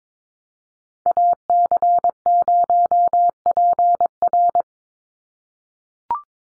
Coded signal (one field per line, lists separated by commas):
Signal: Morse code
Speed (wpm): 22 wpm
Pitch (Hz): 700 Hz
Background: none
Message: AC0PR